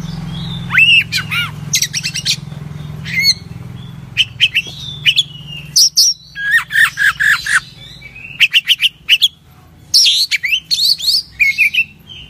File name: suara kacer asli